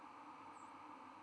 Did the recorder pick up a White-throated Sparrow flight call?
yes